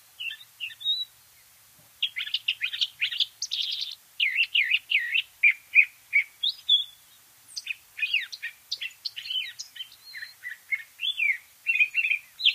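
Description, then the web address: Curve-billed thrasher singing a lively song of varied whistled and slurred phrases, after a brief opening phrase and a short pause. "Know Your Bird Sounds Common Western Species. Curve-billed Thrasher"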